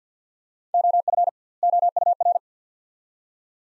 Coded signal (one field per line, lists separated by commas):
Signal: Morse code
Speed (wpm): 50 wpm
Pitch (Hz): 700 Hz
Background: none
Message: OF OUR